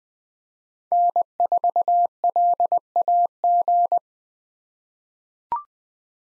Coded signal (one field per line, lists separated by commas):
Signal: Morse code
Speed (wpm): 20 wpm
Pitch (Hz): 700 Hz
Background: none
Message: N4LAG